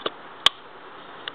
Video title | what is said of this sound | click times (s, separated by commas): Lego Lock V2 (Padlock) | I know you can't really see it, but it actually locks it. You hear a click. | 0.5 s